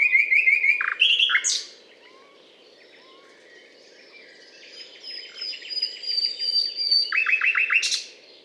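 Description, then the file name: Common nightingale song opening with rich whistled and clicking notes, a pause, then a long drawn whistle and a rapid burst of loud repeated chuckling notes. Recorded on a limestone hillock in France, on 19 May 2012. "rossignol philomele Butte calcaire de Gratacap"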